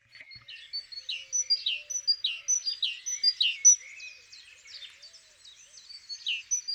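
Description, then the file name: Great tit song of repeated high two-note phrases, somewhat smeared and uneven. "Parus major"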